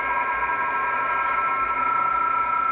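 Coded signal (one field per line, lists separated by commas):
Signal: PSK31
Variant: BPSK31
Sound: several faint steady warbling tones over continuous radio hiss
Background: radio static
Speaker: okay E3 lb from v9 CQ and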